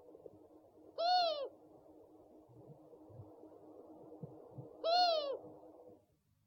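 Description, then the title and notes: Owl giving two drawn-out, arched calls with strong overtones, about four seconds apart. Owl calls; 69 call variants from 11 owl species. "Sovy - Eulen - Owls. 69 variant hlasů - 11 druhů sov"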